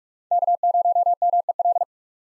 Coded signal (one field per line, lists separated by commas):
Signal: Morse code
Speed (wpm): 44 wpm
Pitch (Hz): 700 Hz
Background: none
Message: K0MEL